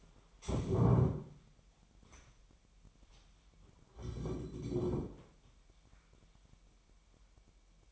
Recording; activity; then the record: daily activity, microphone in the room; stand up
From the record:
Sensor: 1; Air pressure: 998.7 hPa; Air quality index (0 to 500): 117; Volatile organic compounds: 3 ppm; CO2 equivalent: 1399 ppm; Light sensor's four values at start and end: 8/18/7/9 and 7/18/7/8